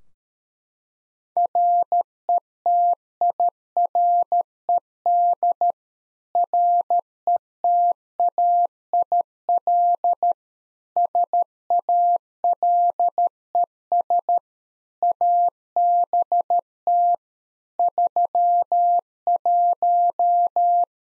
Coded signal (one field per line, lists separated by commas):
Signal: Morse code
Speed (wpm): 13 wpm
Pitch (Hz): 700 Hz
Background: none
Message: RETIRED RETAIL SALES ABT 31